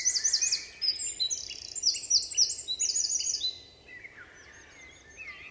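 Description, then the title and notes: Eurasian wren song: explosive high trills and quick note series for about four seconds, then quieter bird notes and background hiss. Eurasian wren in forest at Val Maravel, 27 March 2020; vigorous, nervous song asserting its presence to potential rivals; recorded in stereo on Nagra Seven with MKH8040. "UN VENT DE TROGLODYTE. 27 mars 2020-Val Maravel - Nagra seven - stéréo - mkh8040 Un Troglodyte mignon (Troglodytes troglodytes) affirme par son chant vigoureux sa présence à tout concurrent potentiel.Chanteur de la forêt son chant nerveux est toujours impressionnant de puissance"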